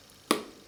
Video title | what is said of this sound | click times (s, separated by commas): Modern Spellcasters Tarot Unboxing | nicely done and it's got that nice little click | 0.3 s